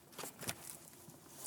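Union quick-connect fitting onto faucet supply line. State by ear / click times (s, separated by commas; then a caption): seated / 1.5 s. A union quick-connect fitting is pushed onto the faucet supply line fitting until it locks. Brief handling and rustling noises come first, with sharper taps around 0.5, 0.7 and 0.9 s. A short click at 1.5 s marks the fitting clicking in and seating.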